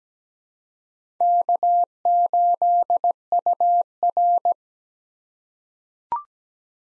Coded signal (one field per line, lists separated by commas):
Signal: Morse code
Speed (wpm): 17 wpm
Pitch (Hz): 700 Hz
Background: none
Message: K8UR